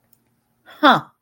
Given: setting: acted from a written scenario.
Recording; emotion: vocal sound without words; contempt